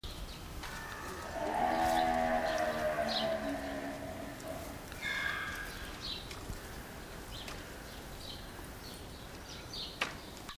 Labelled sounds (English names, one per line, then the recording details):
Grevy's Zebra call
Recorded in captivity
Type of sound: call
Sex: male
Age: adult
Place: Zoo Berlin, Berlin, DE
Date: 2002-09-30 15:38
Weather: fair, ca. 16-17°C
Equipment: Nagra SN, Kopie Uher 4000 Report Monitor
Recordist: Tembrock, Günter
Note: Männchen (aber nicht gesehen!): Laute